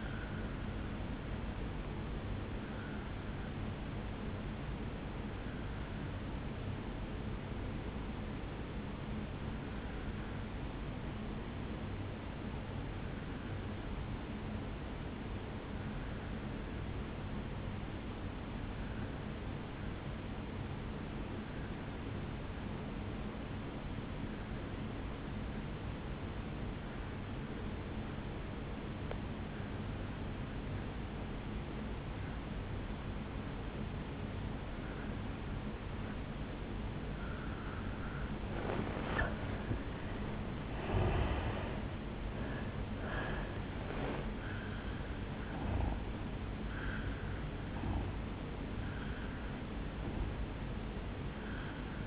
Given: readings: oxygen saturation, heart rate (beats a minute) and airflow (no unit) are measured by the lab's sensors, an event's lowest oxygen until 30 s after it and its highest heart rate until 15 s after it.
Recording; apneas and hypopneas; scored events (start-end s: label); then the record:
breathing in sleep by a voice recorder at the bedside; 1
5.00-39.20 s: obstructive apnea (N1, oxygen 97% highest, then 83% lowest, heart rate 56 at the start, 76 highest)
22.00-52.07 s: new sleep stage, N2 (light sleep)
From the record:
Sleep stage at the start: N1 (lightest sleep); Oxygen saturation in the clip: 83 to 97%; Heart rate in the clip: 53 to 76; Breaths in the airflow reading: 4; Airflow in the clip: -12.6 to 5.8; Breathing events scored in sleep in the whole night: 449 in 7.0 hours asleep